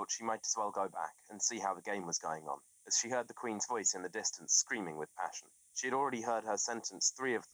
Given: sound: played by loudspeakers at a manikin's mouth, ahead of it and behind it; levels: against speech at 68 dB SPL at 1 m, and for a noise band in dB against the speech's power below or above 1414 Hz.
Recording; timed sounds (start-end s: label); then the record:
test signals for a remote microphone
0.00-7.53 s: man speaking
From the record:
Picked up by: remote microphone C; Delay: 23 ms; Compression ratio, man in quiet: 1.79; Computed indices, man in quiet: SII 0.993, HASPI 0.992, HASQI 0.254 (non-linear 0.305, linear 0.832), ESTOI 0.734